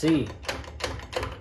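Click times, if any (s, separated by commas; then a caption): 0.5 s. The lock pawl on a new metal boat trailer winch is flipped into place and engages with a short click at 0.5 s, so the winch now locks in place, unlike the old rusted one that wouldn't work properly. Someone talks at the start, and a few more short clicks follow around 0.8 and 1.2 s.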